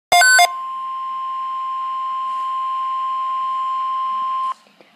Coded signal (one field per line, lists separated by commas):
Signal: Emergency Alert System (SAME) tones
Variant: 1050 Hz attention tone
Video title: Severe Thunderstorm Watch #329 EAS #12